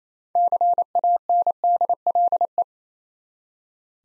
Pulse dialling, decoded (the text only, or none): none